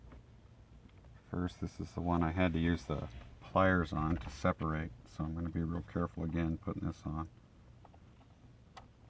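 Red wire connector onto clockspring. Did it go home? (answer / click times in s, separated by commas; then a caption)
yes / 8.8 s. A red wire connector, previously separated with pliers, is carefully pushed onto the clockspring of a 1999 Jeep Cherokee during a clockspring replacement while someone talks. After the talking stops, faint handling ticks are followed by a short, sharp click at 8.8 s as the connector snaps in cleanly and seats.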